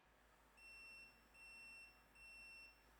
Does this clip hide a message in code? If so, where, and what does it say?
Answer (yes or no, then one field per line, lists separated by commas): no